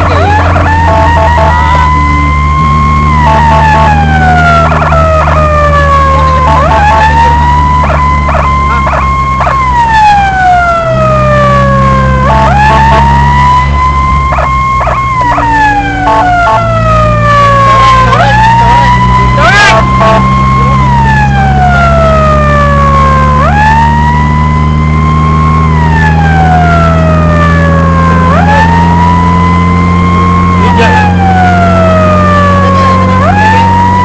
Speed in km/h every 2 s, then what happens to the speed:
66, 64, 66, 63, 54, 55, 60, 48, 50, 54, 59, 63, 67, 71, 74, 77, 80.
4-8 slows to 54. 12-14 brakes to 48. 15-34 speeds up to 80.